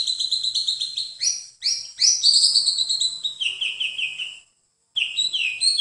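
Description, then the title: Bird song, rapid high chirping phrases of descending and rising notes, loud and continuous, with a brief pause before a final burst. "KICAU BURUNG"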